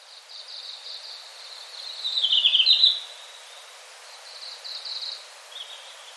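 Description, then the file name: Red-flanked bluetail singing high, thin notes that swell into a louder warbled phrase midway, then fade into softer trailing notes over background hiss. "ruribi"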